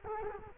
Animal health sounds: mosquito wingbeat signal from an infrared sensor; Culex quinquefasciatus

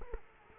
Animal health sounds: mosquito wingbeat signal from an infrared sensor; Culex quinquefasciatus

